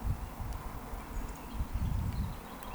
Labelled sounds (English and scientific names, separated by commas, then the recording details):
Eurasian Woodcock (Scolopax rusticola) whistle
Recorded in Baden-Württemberg, Germany, on 14 June 2020 at 19:23 UTC
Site 14569, 102 m above sea level